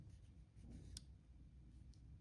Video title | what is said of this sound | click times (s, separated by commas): Olympus OMD EM5ii with Sigma Zoom-Master 35-70mm Lens | until you hear the Locking listen to the Locking | 1.0 s